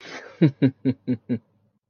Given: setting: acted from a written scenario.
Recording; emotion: vocal sound without words; pride